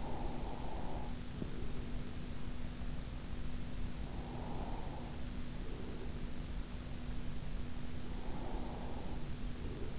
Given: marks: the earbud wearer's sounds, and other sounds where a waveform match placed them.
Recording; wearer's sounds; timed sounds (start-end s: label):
sounds in sleep by an in-ear microphone; breath
0.00-2.29 s: breath
4.14-6.20 s: breath
8.25-9.99 s: breath